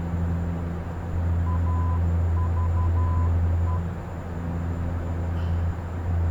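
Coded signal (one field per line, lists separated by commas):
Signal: Morse code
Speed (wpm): 12 wpm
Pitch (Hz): 1000 Hz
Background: none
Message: AVE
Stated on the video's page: Broadcast live on Twitch.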